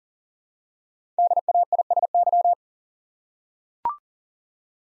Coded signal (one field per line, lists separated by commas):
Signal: Morse code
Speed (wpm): 43 wpm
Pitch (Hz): 700 Hz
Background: none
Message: DAISY